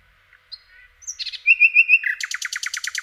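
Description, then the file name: Common nightingale song: soft thin whistles, a short buzzy note, four bright repeated whistles, then a fast, rattling trill of harsh repeated notes. "Slowik rdzawy"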